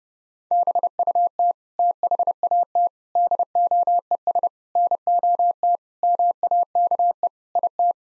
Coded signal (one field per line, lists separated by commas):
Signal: Morse code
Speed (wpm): 32 wpm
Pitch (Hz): 700 Hz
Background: none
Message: BUT THAT DOES NOT MAKE IT